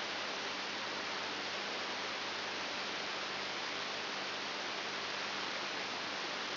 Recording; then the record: brain microelectrode recording played as sound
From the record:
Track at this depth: inside the subthalamic nucleus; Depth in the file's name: 6.501 mm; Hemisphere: left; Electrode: 3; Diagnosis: Parkinson's disease